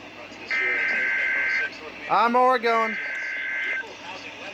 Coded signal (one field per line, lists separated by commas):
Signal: Emergency Alert System (SAME) tones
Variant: header bursts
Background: speech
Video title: Chaotic Hellstorm IV Severe Craziness| EAS Alerts From 5/3/2021 (EAS #420-477)